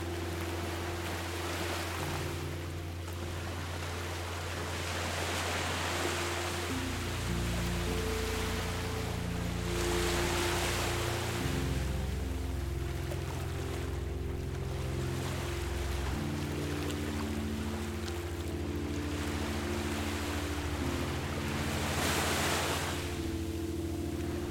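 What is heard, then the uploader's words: Calm ocean waves wash in and pull back, swelling about every four seconds with a bright hiss that peaks near 10 and 22 seconds. Underneath, a piano holds low, sustained chords that shift every few seconds, steady and unhurried throughout. Relaxing Piano Music with Ocean Sounds. Calm ocean waves coming to shore and leaving.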